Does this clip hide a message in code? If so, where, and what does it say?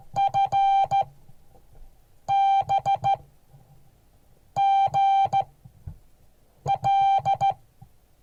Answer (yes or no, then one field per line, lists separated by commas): yes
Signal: Morse code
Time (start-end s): 0.2-7.5 s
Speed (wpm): 15 wpm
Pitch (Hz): 790 Hz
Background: none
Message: FB GL